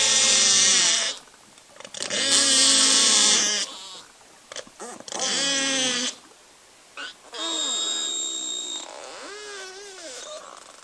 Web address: beluga audio belugas